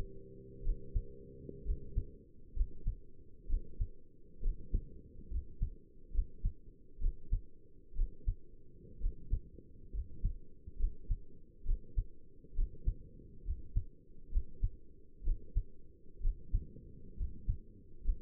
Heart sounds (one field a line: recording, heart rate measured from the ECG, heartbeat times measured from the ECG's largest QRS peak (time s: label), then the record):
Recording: heart sounds by stethoscope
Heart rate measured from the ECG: 66 bpm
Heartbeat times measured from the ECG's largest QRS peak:
0.64 s: heartbeat
1.66 s: heartbeat
2.56 s: heartbeat
3.49 s: heartbeat
4.43 s: heartbeat
5.31 s: heartbeat
6.14 s: heartbeat
7.01 s: heartbeat
7.96 s: heartbeat
9.01 s: heartbeat
9.94 s: heartbeat
10.79 s: heartbeat
11.66 s: heartbeat
12.56 s: heartbeat
13.45 s: heartbeat
14.32 s: heartbeat
15.25 s: heartbeat
16.22 s: heartbeat
17.17 s: heartbeat
18.04 s: heartbeat
From the record:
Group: healthy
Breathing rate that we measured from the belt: 15 breaths a minute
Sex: male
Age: 22 years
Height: 181 cm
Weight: 79 kg